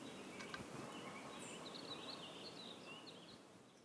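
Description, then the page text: White-throated sparrow calls: short, high chipping notes scattered throughout over a soft hissing background. 'Pink' calls, Réserve faunique Duchénier, Lac France, Quebec, 17 May 2019, morning. "Bruant à gorge blanche – Zonotrichia albicollis – L'Oiseau son"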